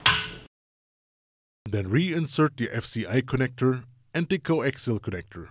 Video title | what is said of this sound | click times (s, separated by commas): MOVILINK® DDI - Disassembly, rotation & assembly of the terminal box of an AC motor - SEW-EURODRIVE | then press the move link to the eye communication unit into the carrier plate until the Snappers audibly click into place | 0.1 s